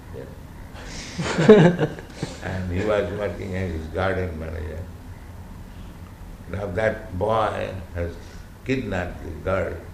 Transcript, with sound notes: Yes. [laughter] And he was working as his garden manager. Now that boy has kidnapped the girl.